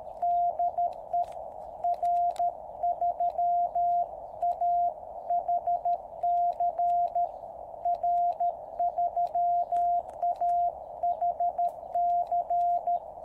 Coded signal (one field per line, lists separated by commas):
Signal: Morse code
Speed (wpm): 13 wpm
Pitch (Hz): 700 Hz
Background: radio noise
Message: DE R3AHC R3AHC